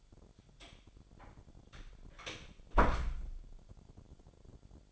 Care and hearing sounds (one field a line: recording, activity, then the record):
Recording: daily activity, microphone in the room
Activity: close door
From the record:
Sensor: 5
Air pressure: 1007.4 hPa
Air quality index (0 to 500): 162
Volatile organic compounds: 4 ppm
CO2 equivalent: 1557 ppm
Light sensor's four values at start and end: 57/161/63/63 and 58/163/63/64